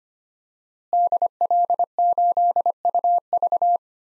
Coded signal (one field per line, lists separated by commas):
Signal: Morse code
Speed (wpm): 25 wpm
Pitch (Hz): 700 Hz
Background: none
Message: DL8UV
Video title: DXCC-100 Call Signs - 5 Character Repeated 2x - 25wpm